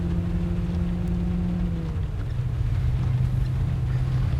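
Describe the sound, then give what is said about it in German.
A car engine drones steadily as it drives through traffic in heavy rain, its low hum dipping slightly in pitch midway, with a constant wash of hiss from rain and wet road. No one speaks. “Der Verkehr ist entsetzlich bei so einem Regen.”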